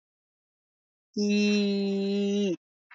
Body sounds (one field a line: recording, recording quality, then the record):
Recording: sustained vowel as in beet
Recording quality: excellent, no background noise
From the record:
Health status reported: respiratory illness, not identified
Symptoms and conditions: none ticked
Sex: male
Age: 22 years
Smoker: not ticked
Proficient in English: yes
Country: India